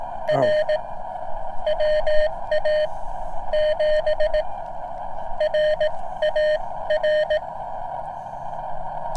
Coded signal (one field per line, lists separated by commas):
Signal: Morse code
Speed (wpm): 17 wpm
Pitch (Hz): 610 Hz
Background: none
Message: R WA7RAR